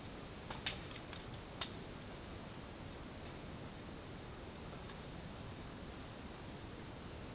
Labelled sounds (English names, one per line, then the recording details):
none
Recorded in dense forest near Puerto Asís, Putumayo, Colombia, on 8 March 2025 at 11:00
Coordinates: 0.486, -76.317
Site G053